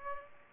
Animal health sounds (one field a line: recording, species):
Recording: mosquito wingbeat signal from an infrared sensor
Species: Aedes aegypti